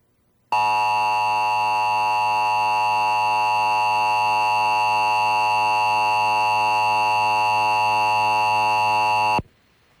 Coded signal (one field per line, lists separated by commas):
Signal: Emergency Alert System (SAME) tones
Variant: 853 and 960 Hz attention tone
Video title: EAS #459-460: 2 EAS Required Monthly Tests- Feb. 5, 2021- 12:15AM PST